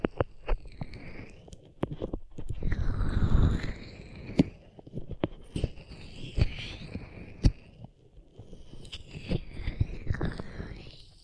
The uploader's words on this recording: ASMR Rubbing Your Ears in My Hands Sensitive, Close Up Triggers (No Talking).